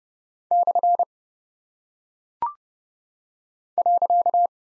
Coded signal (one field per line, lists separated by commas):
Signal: Morse code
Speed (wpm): 30 wpm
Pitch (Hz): 700 Hz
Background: none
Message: / .